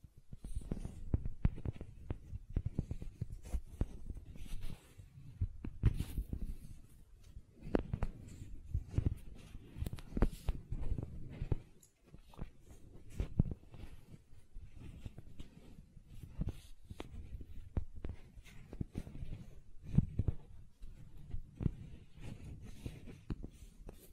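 Gentle silicone sounds: a steady run of soft taps, squishes and light clicks, mostly low and muffled with occasional brighter ticks. The handling is dense and irregular throughout, with a brief quieter pause near the middle before it picks back up.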